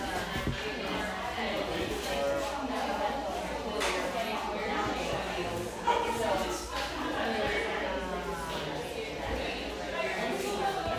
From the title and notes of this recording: Enjoy a sleepy start in this humming café, settled near the beach just north of San Diego.